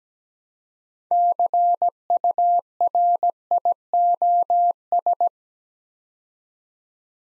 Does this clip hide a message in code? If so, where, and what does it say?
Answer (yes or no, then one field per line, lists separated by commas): yes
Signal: Morse code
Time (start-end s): 1.1-5.3 s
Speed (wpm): 17 wpm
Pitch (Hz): 700 Hz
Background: none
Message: CURIOS